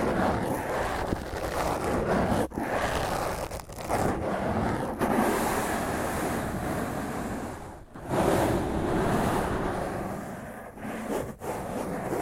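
Fingernails scratch roughly over a microphone in a dense, continuous scraping roar, broken by brief dips near 2.5, 8 and 11 seconds.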